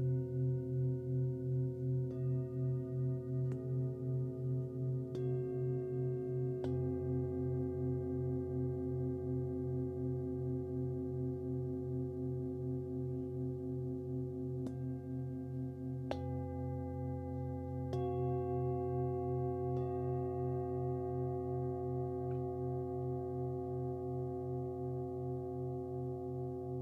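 A Himalayan bowl rings in a steady, pulsing hum, with new bright strikes near 2, 5, 7, 15, 16 and 18 seconds.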